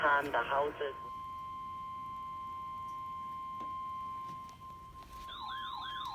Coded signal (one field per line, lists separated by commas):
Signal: Emergency Alert System (SAME) tones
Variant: 1050 Hz attention tone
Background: speech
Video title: A crazy night of alerts from Iasias EAS#161-188 8/3/20-8/4/20